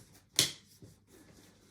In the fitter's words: situations working our way around more of these runners pressing down so you hear those clicks